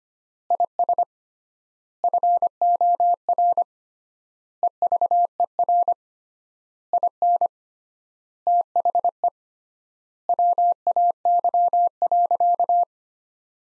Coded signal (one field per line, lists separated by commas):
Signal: Morse code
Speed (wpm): 25 wpm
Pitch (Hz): 700 Hz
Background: none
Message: IS FOR EVER IN THE WAY.